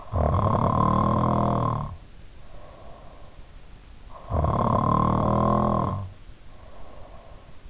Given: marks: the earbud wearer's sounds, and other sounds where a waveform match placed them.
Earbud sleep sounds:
sounds in sleep by an in-ear microphone; snoring breath
0.00-3.49 s: snoring breath
4.17-7.37 s: snoring breath

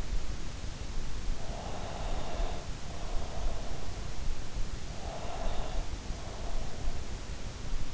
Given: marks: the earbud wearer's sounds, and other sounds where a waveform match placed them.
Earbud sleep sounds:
sounds in sleep by an in-ear microphone; breath
1.21-2.75 s: breath
4.98-6.99 s: breath

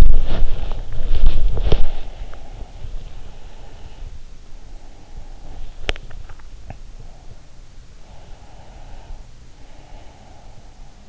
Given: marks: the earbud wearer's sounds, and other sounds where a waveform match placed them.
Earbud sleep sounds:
sounds in sleep by an in-ear microphone; body movement, breath, swallowing
0.00-2.38 s: body movement
2.19-4.13 s: breath
2.38-5.87 s: sound from someone else or the room
4.55-7.39 s: breath
6.06-6.81 s: swallowing
8.14-11.08 s: breath

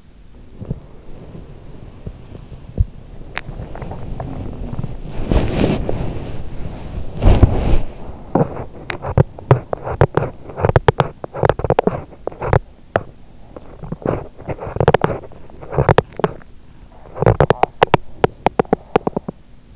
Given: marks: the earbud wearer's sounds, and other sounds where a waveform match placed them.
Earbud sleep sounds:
sounds in sleep by an in-ear microphone; body movement, teeth grinding
0.00-7.99 s: body movement
7.99-19.75 s: teeth grinding

